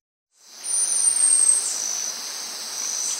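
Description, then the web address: Tassel-ear marmoset whistle: one thin, very high, nearly level whistle lasting about a second, over a steady high-pitched hiss. Primate of the South American rainforest. "Natures Songs S America Primates of the Rainforest Tassel-ear marmoset"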